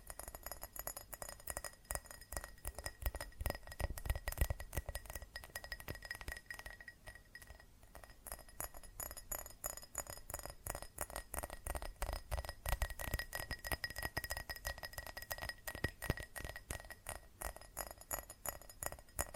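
Fast tapping on glass and ceramic objects, a dense, rapid run of sharp clinks that keeps going for the whole stretch. Bright ringing tones hang steadily under the taps, and the pace eases briefly around the middle before picking back up.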